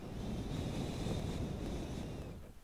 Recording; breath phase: one breath near a microphone; exhalation